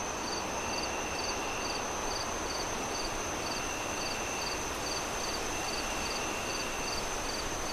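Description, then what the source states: Cricket chirps, brief high-pitched bursts in an even rhythm of roughly two per second, backed by a continuous thin tone and heavy windy hiss. Crickets chirping at night, moon rising, wind howling through trees in gusts.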